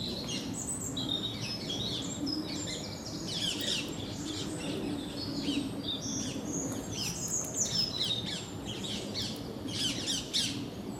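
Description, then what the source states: Rose-ringed parakeets calling as a flock, many sharp, squeaky, overlapping screeches throughout, with steady outdoor background noise. A whole group of parakeets, an exotic species, in a wood in Amsterdam, Netherlands.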